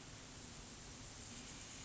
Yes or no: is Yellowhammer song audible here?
no